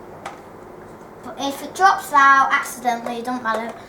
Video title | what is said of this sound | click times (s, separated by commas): S1E1 - NERF guns | it clicks, and then, but | 0.3 s